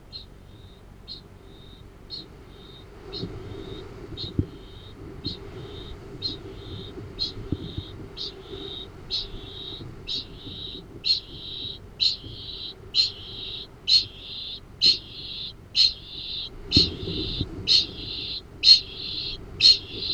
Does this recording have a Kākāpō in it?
yes